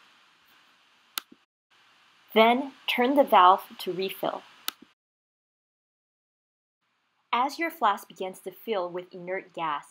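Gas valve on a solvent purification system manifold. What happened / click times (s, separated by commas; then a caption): The valve clicked into its detent position / 1.2 s. On a solvent purification system, the flask's gas valve on the manifold is turned slowly to the closed position, and one sharp, short tick at 1.2 s marks it clicking into place. Someone then talks as the flask refills with argon. A second brief tick is heard at 4.7 s.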